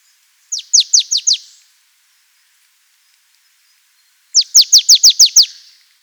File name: Poecile palustris